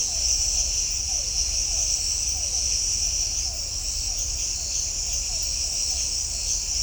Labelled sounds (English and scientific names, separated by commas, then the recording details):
none
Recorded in shrubland near Pivijay, Magdalena, Colombia, on 2 June 2023 at 01:00
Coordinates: 10.453, -74.365
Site P5-G022